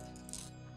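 A plastic attachment (a nozzle or trigger handle) is handled on top of an aerosol spray paint can, with a few brief taps and rattles around 0.2–0.3 s over a steady low hum. Nothing has seated or clicked yet.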